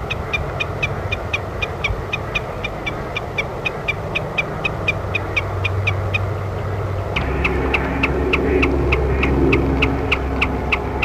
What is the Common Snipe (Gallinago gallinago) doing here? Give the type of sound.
bleating